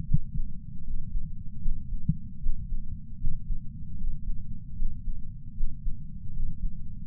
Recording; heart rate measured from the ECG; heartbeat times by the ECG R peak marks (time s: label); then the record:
heart sounds by patch sensor on the chest; 77 bpm
0.06 s: heartbeat
0.84 s: heartbeat
1.62 s: heartbeat
2.40 s: heartbeat
3.18 s: heartbeat
3.97 s: heartbeat
4.76 s: heartbeat
5.55 s: heartbeat
6.33 s: heartbeat
From the record:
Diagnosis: coronary artery disease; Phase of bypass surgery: preoperative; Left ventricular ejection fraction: 66.3%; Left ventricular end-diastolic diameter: 44 mm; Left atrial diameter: 34 mm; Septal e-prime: 5.3 cm/s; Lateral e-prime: 9.3 cm/s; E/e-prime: 13.2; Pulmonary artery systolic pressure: 31 mmHg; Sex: male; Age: 76 years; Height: 164 cm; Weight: 75 kg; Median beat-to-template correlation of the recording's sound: 0.83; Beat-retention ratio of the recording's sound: 0.97